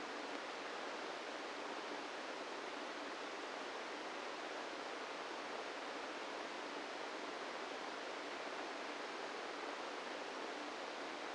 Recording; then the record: brain microelectrode recording played as sound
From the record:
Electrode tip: inside the subthalamic nucleus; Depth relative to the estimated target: -3 mm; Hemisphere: right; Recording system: NeuroSet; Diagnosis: Parkinson's disease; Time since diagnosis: 17 years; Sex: male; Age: 64 years